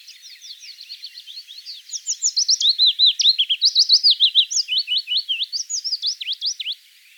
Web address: vogelstimmen fitis gesang nabu lars lachmann